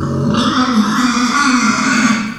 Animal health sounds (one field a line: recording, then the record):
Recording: squeal of a Yucatan mini pig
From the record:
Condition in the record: after surgery on the right vocal fold (resection and tissue-engineered implant)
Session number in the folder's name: 14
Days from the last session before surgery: 133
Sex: female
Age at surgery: 19 weeks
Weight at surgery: 25 kg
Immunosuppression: prednisolone